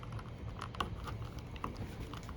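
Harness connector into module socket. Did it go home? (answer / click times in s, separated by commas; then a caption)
no / none. A prepared wiring harness connector is handled at the mating socket of the electrical box, ready to be plugged in. Light tapping and plastic handling noises are heard, with sharp ticks at about 0.6, 0.8 and 1.6 seconds. Nothing has seated or clicked yet.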